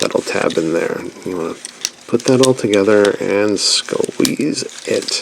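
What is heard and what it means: Someone talks while handling the plastic tabbed parts of a Transformers Studio Series 86-04 Hot Rod transforming toy robot, spreading them slightly so the tabs line up before squeezing them together. Faint plastic handling noise sits under the voice, and nothing has seated or clicked yet.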